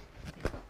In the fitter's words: assistant and it snaps right into place